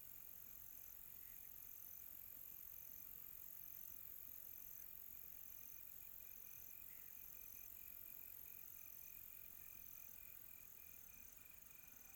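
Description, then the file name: Cricket producing high repeated trills, joined by a lower, rapid chirping series in the middle range, all soft over a hushed night background. Quiet tropical night. "quiet tropical night with cricket"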